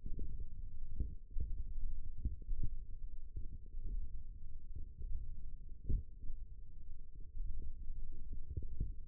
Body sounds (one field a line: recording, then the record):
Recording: forearm muscle sounds (acoustic myography)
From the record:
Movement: hand opening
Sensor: system 1, eight BSWA MPA416 microphones around the upper forearm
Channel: 3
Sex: female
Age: 20 years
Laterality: right